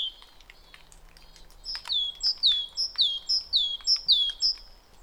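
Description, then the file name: Great tit song, a run of bright two-note whistled phrases repeated quickly in the second half, with other high chirps before it. "Parus major"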